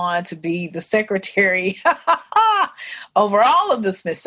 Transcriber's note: laughs